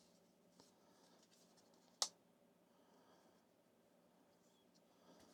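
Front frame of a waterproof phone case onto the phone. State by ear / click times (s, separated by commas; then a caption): seated / 2.0 s. The front frame of a Sportlink waterproof iPhone case has its tabs lined up on the phone during a quiet stretch of faint handling sounds. It is then snapped into place with one sharp click at 2.0 s, and the frame is seated.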